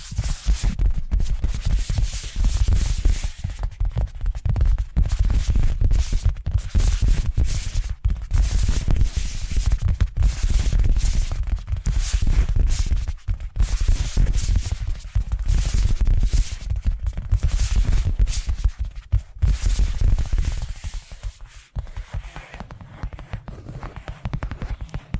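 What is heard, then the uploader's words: Rapid tapping triggers continue densely throughout, with thumping low lows and crisp bright clicks, thinning briefly around twenty-one seconds before resuming. ASMR 10 Addictive Tapping Triggers. (No Talking).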